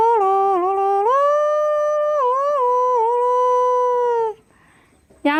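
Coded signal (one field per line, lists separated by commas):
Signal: whistled language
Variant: Kongthong jingrwai lawbei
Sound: a hummed, voice-like melodic tune with stepped pitch changes, then brief quiet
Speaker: പറഞ്ഞില്ലേ ഈ വില്ലേജിന് ഒരു പ്രത്യേകത ഉണ്ടെന്ന് അത് ഇതാണ് അതുകൊണ്ടുതന്നെ ഈ വില്ലേജ് അറിയപ്പെടുന്നത് വിസ്ലിം വില്ലേജ് എന്നാണ്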